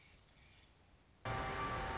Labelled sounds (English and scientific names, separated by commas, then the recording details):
Nuttall's Woodpecker (Dryobates nuttallii)
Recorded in Sonoma County, California